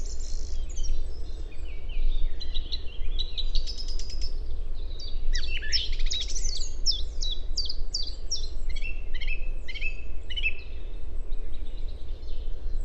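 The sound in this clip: Song thrush song: dense, varied phrases of chirps, trills and whistles, some notes repeated in short bursts, over persistent low rumbling noise.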